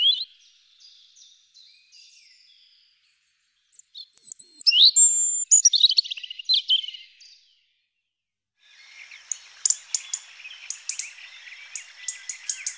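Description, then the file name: European robin singing thin, high, varied phrases of trills and warbles in several bursts separated by short pauses, with a brief silent gap before the final scratchy passage. "Rougegorge"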